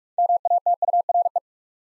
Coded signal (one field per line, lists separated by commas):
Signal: Morse code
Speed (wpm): 44 wpm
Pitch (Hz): 700 Hz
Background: none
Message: MATURE